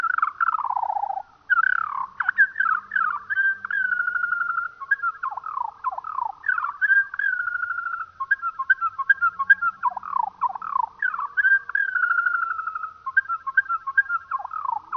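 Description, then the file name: Eurasian skylark song played slowly: a long outpouring of descending slurs, held whistles and chattering trills. Played slowed down. "skylark slowed down"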